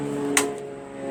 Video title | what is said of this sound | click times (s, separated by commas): YARDMAN MTD 4WS 4 WHEEL STEERING LAWN GARDEN TRACTOR BRIGGS 15HP OHV ENGINE REPAIR INSTALL REPOWER | want to hear that snap that | 0.4 s